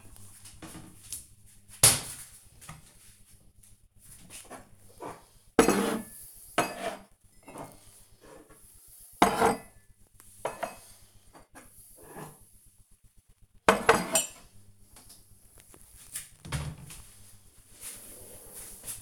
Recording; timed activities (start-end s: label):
household activities, microphone on the right wrist
0.00-19.02 s: putting away the dishes